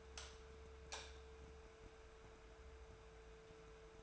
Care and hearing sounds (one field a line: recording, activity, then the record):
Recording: daily activity, microphone in the room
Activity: light on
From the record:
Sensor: 2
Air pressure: 1014.5 hPa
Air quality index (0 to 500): 176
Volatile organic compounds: 12 ppm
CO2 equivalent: 2327 ppm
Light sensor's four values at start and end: 32/78/34/38 and 37/95/40/44